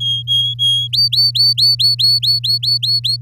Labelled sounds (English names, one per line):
Domestic Canary song